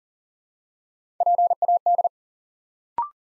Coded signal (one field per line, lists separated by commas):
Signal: Morse code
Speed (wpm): 39 wpm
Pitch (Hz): 700 Hz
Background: none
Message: PAD